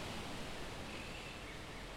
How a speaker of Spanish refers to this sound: En Mar del Plata siempre suena el mar.